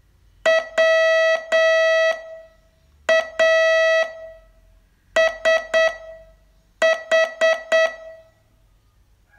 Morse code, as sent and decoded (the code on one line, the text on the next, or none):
.-- .- ... ....
WASH